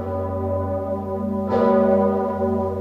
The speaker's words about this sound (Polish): W trakcie uroczystości trwających w Rzymie, w Krakowie, wawelscy dzwonnicy uruchomili słynny dzwon. Był to piąty raz w historii, gdy dla Benedykta XVI z katedry na Wawelu bił dzwon Zygmunta.